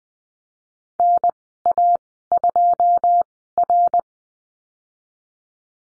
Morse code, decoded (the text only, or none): NA2R